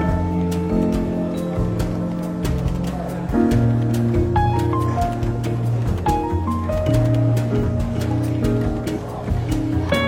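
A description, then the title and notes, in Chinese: Soft jazz plays steadily under the light bustle of a café, with a low bass line, sustained chords and frequent small clinks and taps. 伦敦书店咖啡馆轻微喧闹氛围与柔和轻松的爵士背景音乐。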